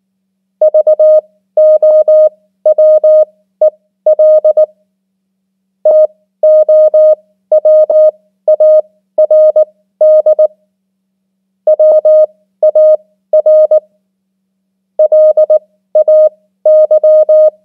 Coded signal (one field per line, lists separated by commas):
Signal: Morse code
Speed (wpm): 19 wpm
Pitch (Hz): 620 Hz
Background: none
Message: VOWEL TOWARD WAR LAY